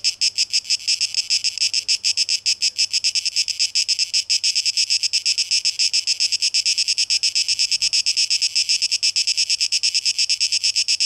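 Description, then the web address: Cicada song, a dense high buzz with quick irregular pulsing, a brief soft knock near the eighth second. Cicadas, tape echo mix, 12 August 2023. "rauschpartikel Audio 2023-08-12 Zikaden"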